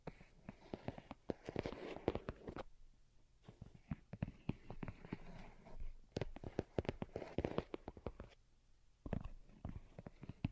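Delicate tapping comes in quick, irregular flurries of sharp, crisp clicks, some brighter and some duller. Busy clusters fill the opening seconds and again around 6 to 8 seconds, with quieter gaps near 3 seconds and 9 seconds before the taps resume.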